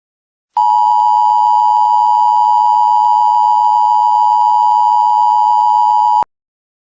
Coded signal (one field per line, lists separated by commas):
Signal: Emergency Alert System (SAME) tones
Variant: 853 and 960 Hz attention tone